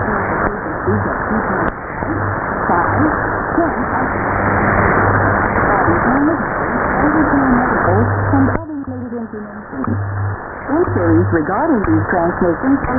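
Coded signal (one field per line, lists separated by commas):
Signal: radio time signal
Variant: WWV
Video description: Time signals from Colorado received loud and clear, with Hawai barely audible in the background on 10 mHz.around 0620 UTC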